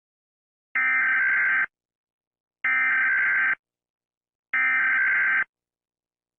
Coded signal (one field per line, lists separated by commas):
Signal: Emergency Alert System (SAME) tones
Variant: header bursts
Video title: EAS Scenario #1:Tornado Apocalypse